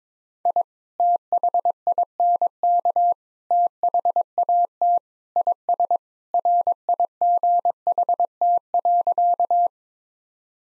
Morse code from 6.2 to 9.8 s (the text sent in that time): RIGHT.